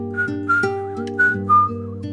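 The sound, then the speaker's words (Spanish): A soft, wavering whistled melody, coming from the Alameda, rises and dips in short phrases over a steady, low sustained musical drone, with no voices. “Se escucha un leve silbío”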